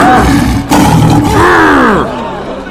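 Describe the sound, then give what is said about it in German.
A loud, sustained roar from a zoo lion lasting about two seconds, with rough, growling harmonics whose pitch rises and falls in sweeping arcs before trailing off into a quieter rumble. “Leider verstehen die Menschen den Löwen nicht richtig.”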